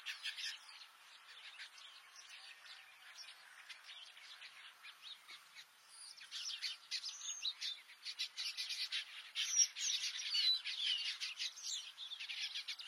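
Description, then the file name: Red-billed quelea song as a rapid, scratchy chattering of many short notes, quieter at first and growing louder and denser after about six seconds. "Canto do quelea de bico vermelho"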